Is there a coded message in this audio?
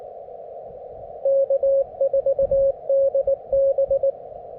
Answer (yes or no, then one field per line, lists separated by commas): yes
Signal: Morse code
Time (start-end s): 1.3-4.1 s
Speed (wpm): 22 wpm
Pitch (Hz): 590 Hz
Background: radio noise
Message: K4DB